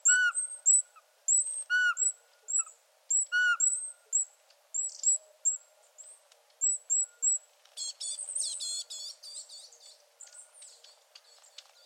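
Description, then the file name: Eurasian pygmy owl piping short whistled notes mixed with thin high squeaks, then a burst of rapid high twittering takes over toward the end. "Sperlingskauz"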